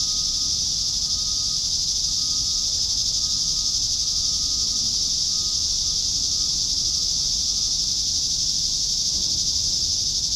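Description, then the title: Cicadas buzzing in a bright, unbroken high drone, with a thin steady tone faintly present for much of the time. "neoscenes: cicadas"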